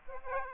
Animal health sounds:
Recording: mosquito wingbeat signal from an infrared sensor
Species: Aedes aegypti

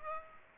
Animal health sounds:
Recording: mosquito wingbeat signal from an infrared sensor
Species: Aedes aegypti

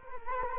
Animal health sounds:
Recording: mosquito wingbeat signal from an infrared sensor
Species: Culex quinquefasciatus

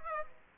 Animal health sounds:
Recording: mosquito wingbeat signal from an infrared sensor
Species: Aedes aegypti

